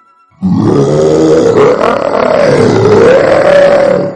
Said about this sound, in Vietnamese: Tiếng sư tử gầm vang làm chấn động trời đất.